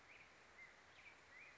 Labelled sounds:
Black-headed Grosbeak (Pheucticus melanocephalus)
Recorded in Sonoma County, California

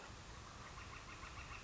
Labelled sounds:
Northern Flicker (Colaptes auratus)
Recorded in Sonoma County, California

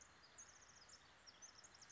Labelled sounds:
Pacific Wren (Troglodytes pacificus)
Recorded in Sonoma County, California

